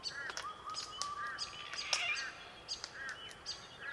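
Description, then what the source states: Glossy black cockatoo calling with repeated short arched creaky notes, mixed with a steady whistled tone and scattered high clicks. Melodic calls of more than one glossy black cockatoo.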